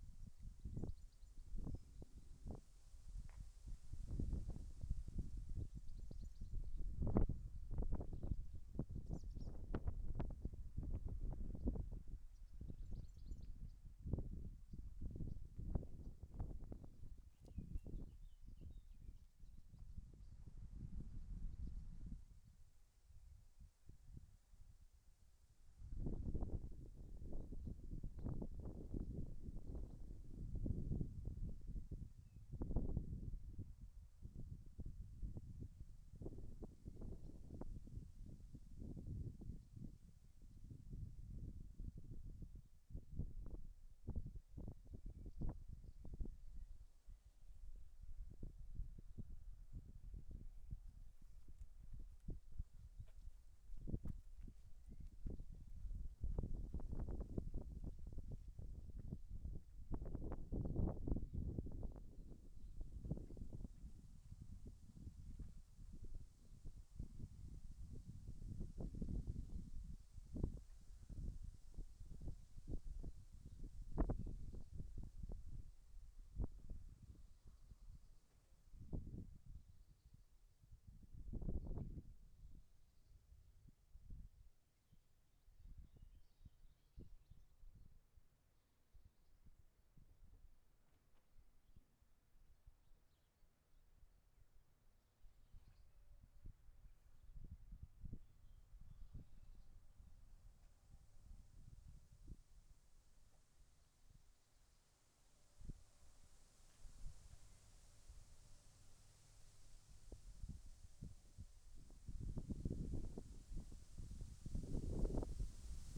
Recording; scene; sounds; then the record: everyday scene through a hearing-aid microphone; wind on the microphone; wind, other noises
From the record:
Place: in front of a rural house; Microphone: behind the ear, left, front